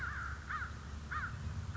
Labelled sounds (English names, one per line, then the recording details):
American Crow
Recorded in Sonoma County, California